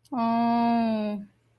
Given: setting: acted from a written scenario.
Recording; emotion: vocal sound without words; adoration